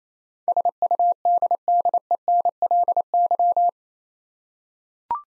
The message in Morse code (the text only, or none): SUDDENLY